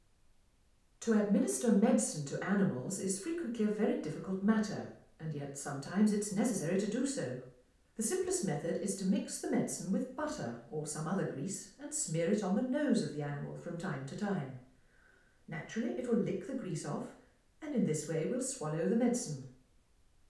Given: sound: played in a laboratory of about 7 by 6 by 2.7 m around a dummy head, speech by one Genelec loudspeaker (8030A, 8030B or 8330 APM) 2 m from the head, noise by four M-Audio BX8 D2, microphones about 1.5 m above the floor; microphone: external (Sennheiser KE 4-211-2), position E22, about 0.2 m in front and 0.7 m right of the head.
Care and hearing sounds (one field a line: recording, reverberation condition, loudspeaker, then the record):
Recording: female speech in English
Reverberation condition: medium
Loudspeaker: 90 degrees to the left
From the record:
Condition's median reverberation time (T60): about 510 ms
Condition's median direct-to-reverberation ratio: about -0.5 dB